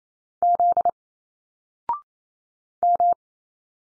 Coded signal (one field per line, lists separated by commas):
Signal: Morse code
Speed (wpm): 28 wpm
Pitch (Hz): 700 Hz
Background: none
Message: Z M